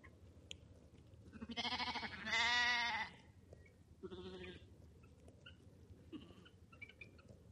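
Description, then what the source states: Sheep bleating: two wavering, quavering bleats in the first half, a shorter one around four seconds, then quieter sounds over a low rumble. Lambs.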